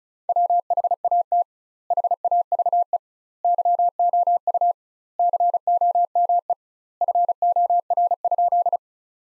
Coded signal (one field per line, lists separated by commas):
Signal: Morse code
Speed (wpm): 34 wpm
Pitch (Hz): 700 Hz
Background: none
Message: WHAT HAVE YOU COME FOR?